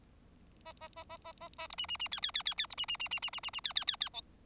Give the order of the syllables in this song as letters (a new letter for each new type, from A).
A A A A A A A B C C C D D D D D B C C C C C C C C D D D D E